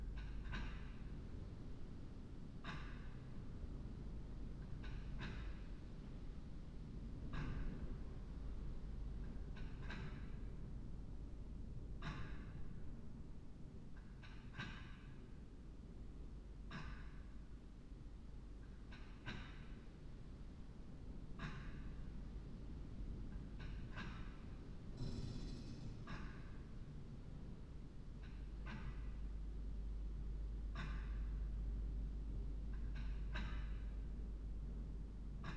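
Inside a church, a steady low rumble fills the space while sharp, bright clicks or knocks come at a regular pace about every two seconds, like a slow mechanism ticking. A brief louder rustle stands out around the twenty-five second mark.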